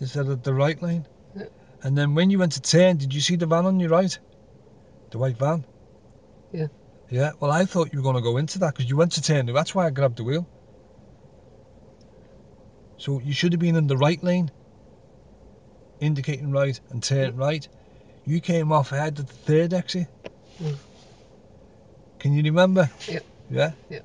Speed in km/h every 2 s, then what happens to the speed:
0, 0, 0, 0, 0, 0, 0, 0, 0, 0, 0, 0.
0-24 standing.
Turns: none.